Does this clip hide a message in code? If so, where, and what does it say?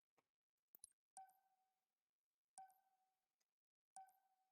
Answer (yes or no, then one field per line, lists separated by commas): no